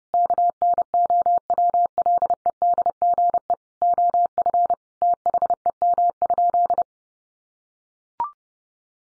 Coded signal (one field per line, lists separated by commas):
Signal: Morse code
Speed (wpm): 30 wpm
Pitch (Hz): 700 Hz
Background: none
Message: KNOWLEDGE OF THEM?